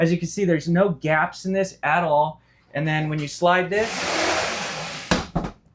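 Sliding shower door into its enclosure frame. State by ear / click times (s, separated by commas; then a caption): seated / 5.1 s. A sliding shower enclosure door in the bathroom of a 2026 Surveyor 19MDBLE family travel trailer with an aluminum frame is slid shut along its enclosure frame while someone talks. A broadband sliding rush follows, and the door locks into place with a sharp hit at 5.1 seconds, seated shut.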